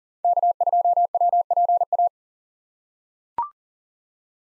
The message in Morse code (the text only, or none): K2WPA